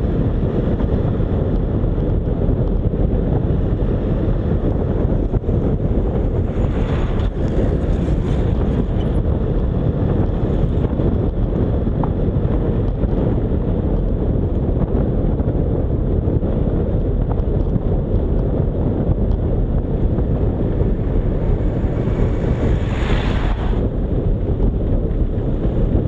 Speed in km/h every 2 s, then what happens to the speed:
42, 42, 41, 41, 43, 44, 43, 43, 40, 37, 34, 31, 28.
0-14 steady at about 42. 14-26 slows to 28.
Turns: none.